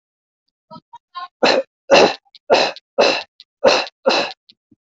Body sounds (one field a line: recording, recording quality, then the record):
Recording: shallow voluntary cough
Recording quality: excellent, no background noise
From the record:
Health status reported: healthy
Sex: male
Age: 33 years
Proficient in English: yes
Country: India